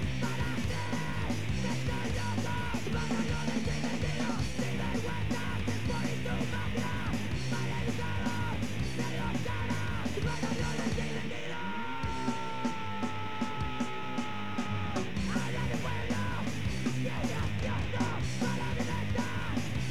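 A punk rock song plays loud and dense, with driving drums, distorted guitars and shouted vocals, and a brief sliding, squealing guitar break in the middle before the full band returns.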